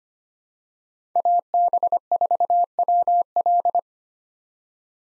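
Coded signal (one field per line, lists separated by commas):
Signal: Morse code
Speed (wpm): 25 wpm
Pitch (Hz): 700 Hz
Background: none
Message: AB4WL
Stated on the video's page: Head-copy drill of common SOTA chaser call signs at 25 WPM, each sent, spoken, then sent again.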